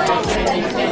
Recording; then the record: background sound without coughing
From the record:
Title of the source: Nightlife Party Simulating Party Club Noise 1 Hour